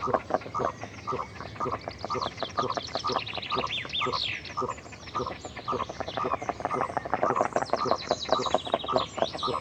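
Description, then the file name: Goosander calls: a fast run of harsh, rasping pulses repeated for the whole stretch, with high twittering songbirds above. Recorded close to the bird. "Digiffects Sound Effects Library - Close Goosander Bird Version 2"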